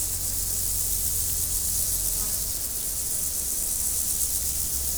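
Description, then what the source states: Steady high insect trill, rapidly pulsing and continuous, carried over a soft low-frequency hum. Insects recorded in nature in 2014, after leaving Várbóc.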